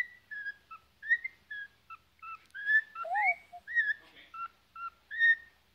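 Cockatiel giving a quick run of clear whistled notes, some rising and falling, with one lower warbled note midway and brief scratchy chatter.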